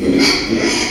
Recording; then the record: squeal of a Yucatan mini pig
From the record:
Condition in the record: after surgery on the right vocal fold (resection and tissue-engineered implant); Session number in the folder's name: 2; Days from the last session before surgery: 13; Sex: male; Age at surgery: 12 weeks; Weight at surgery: 13 kg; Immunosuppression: cyclosporine, prednisolone